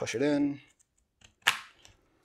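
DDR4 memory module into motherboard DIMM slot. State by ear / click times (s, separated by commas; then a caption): seated / 1.5 s. Someone talks briefly, then a DDR4 memory stick is pushed down into the motherboard DIMM slot until the plastic retention clips snap shut. A sharp click at 1.5 s marks the stick seating, followed by a few faint ticks.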